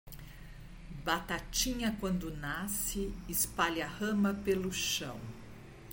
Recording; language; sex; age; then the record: short text; Brazilian Portuguese; female; 50 to 59 years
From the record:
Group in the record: control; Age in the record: 55 years